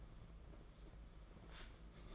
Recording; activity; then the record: daily activity, microphone in the room; take from stove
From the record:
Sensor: 5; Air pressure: 992.2 hPa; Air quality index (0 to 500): 210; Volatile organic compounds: 1000 ppm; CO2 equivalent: 6096 ppm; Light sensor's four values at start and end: 6/14/5/6 and 6/14/5/6